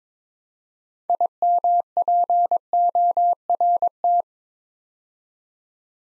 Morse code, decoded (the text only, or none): IMPORT